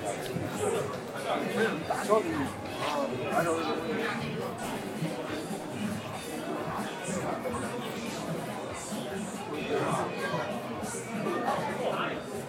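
An evening crowd fills the Apple store in Sanlitun, Beijing, with many overlapping voices talking at once. The chatter stays dense and steady throughout, with a few brighter voices and short clinks rising above the general murmur.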